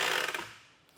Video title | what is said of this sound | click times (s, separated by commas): etrailer - A Closer Look at the Inno Tire Hold HD Bike Rack on a 2023 Mitsubishi Outlander | you can kind of hear them ratchet back down | 0.3 s, 0.9 s